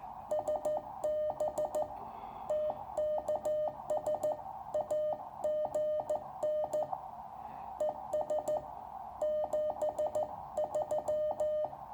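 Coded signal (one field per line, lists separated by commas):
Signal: Morse code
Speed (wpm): 14 wpm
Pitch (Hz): 610 Hz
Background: none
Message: SB TKS AGN ES 73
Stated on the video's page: Contacts to Eastern Europe on a Small Wonder Labs SW+ QRP radio, battery powered, with a Chameleon Hybrid Micro whip antenna.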